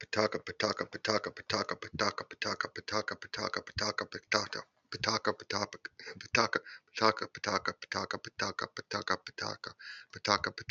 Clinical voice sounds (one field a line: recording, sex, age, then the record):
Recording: repeated syllables /pa ta ka/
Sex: male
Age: 40 to 49 years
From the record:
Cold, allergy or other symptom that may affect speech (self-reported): no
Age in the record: 49 years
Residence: Georgia, United States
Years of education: 12